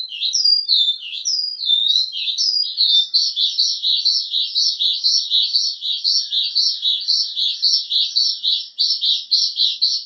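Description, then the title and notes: Bird song beginning with a few slurred high whistles, then a fast, even series of buzzy chirps repeated about twice per second. Birdsong used for training (mastering) pet birds. "Suara Burung. Suara Kicauan Burung untuk memaster burung kesayangan"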